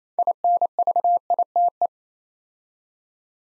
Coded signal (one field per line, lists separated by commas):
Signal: Morse code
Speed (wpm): 29 wpm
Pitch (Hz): 700 Hz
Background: none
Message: INVITE